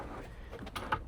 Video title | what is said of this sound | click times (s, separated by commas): Install Guide - 4Runner 6th Gen Non-Hybrid Overlanding Drawer System | your drawer is locked in. | 0.9 s